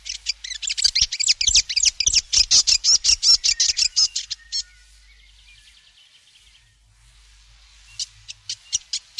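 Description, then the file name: New Zealand fantail chatter: a dense burst of high, scratchy squeaky notes lasting four seconds, then quiet, then a few short high chips at the end. "piwakawaka"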